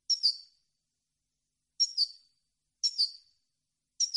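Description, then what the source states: European goldfinch calls: short high double-note chirps, bright and clipped, repeated at short intervals with silence between. Clean song on CD, for birds to copy as song training.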